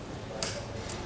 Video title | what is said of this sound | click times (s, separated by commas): etrailer - Installing the Konig Easy Fit Tire Chains on your 2019 Toyota RAV4 | come over here and just step on it so it locks in place. | 0.4 s